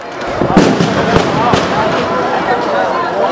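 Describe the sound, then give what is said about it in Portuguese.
Several sharp, cracking bangs from stun grenades and rubber-bullet gunfire go off at irregular intervals over a dense, steady wash of crowd noise and indistinct voices. “Mais bomba, tiro de bala de borracha.”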